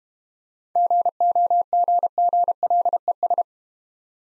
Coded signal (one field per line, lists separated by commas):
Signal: Morse code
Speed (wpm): 32 wpm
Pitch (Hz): 700 Hz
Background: none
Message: GOGGLES